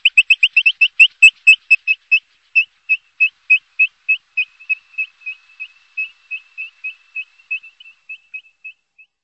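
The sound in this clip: Bird giving a series of piping whistled notes that start fast and gradually slow, spacing widening and notes growing thinner and softer toward the end, with nothing else audible.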